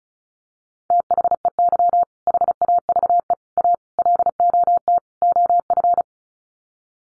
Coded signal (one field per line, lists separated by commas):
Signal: Morse code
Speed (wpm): 34 wpm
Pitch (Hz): 700 Hz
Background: none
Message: THEY HAVE A LOT OF